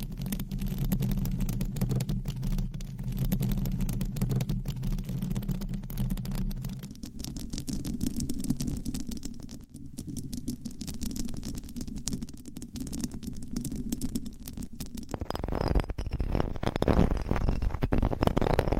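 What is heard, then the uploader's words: Microphones are scratched and rubbed, giving a dense, continuous scraping and rumbling with a strong low hum underneath. The first seven seconds carry a steady low drone, then the texture shifts, and around fifteen seconds it turns brighter and louder with rapid crackly scratches. ASMR Mic Scratching - Brain Scratching with 9 Mics & DIY Mic Covers No Talking.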